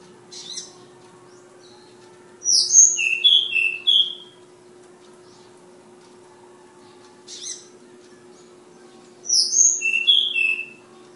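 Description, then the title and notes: Flowerpecker song: two bursts of rapid, high, sharp chips and short whistles, each preceded by a brief faint note and separated by quiet pauses, over a low hum. Tledekan/sulingan bird called Ababil, from Kudus. "Tledekan/Sulingan ABABIL. Suara Burung Tledekan Ababil dari Kudus"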